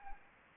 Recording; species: mosquito wingbeat signal from an infrared sensor; Anopheles arabiensis